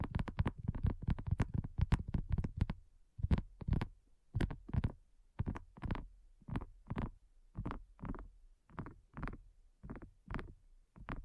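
Dry tapping with fingertips or nails on a hard surface. A fast, dense flurry of taps fills the first three seconds, then it slows to a steady pattern of separate knocks about twice a second. Each tap is sharp with a low, hollow thud underneath.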